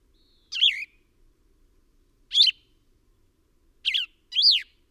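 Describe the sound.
Bird song of four quick chirped notes, the first two well spaced, the last pair close together, on an otherwise silent backdrop.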